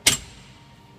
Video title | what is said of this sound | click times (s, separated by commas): How to Open / Close Bimini on Cobalt Dagger Tower | I just pop this in you'll hear it click in and | 0.1 s